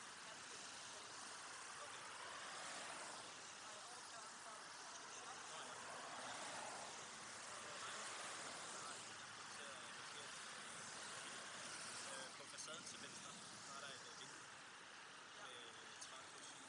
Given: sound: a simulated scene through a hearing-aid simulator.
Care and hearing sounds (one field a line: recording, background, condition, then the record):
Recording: conversation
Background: traffic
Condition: -6 dB SNR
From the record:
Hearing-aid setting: anchor resembling a broken hearing aid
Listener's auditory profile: A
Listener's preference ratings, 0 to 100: 0, 0, 0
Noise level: 75 dB SPL